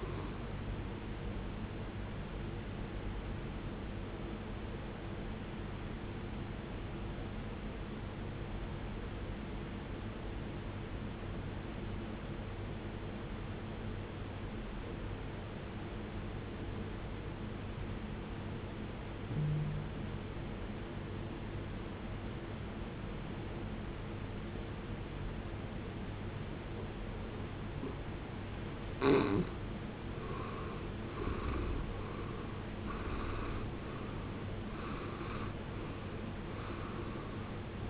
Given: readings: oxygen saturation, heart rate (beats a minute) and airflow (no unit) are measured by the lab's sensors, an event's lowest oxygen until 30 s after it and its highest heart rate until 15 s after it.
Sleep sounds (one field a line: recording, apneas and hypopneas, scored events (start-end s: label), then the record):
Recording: breathing in sleep by a voice recorder at the bedside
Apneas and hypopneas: 1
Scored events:
7.00-29.30 s: obstructive apnea (N1, oxygen 91% highest, then 75% lowest, heart rate 53 at the start, 78 highest)
From the record:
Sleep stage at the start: N1 (lightest sleep)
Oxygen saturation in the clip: 78 to 91%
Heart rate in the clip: 52 to 76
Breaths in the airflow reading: 4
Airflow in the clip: -17.3 to 20.4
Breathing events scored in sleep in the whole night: 389 in 6.3 hours asleep